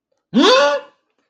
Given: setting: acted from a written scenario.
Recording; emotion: vocal sound without words; negative surprise